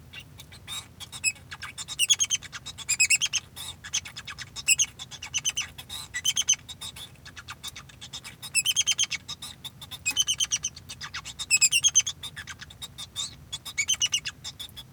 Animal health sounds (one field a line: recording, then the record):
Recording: song of a male Bengalese finch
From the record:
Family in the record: son of father 2